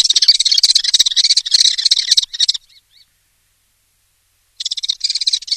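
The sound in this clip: Common Kestrel calling in rapid, harsh chattering bursts that break off briefly, then resume at a similar quick, grating rhythm.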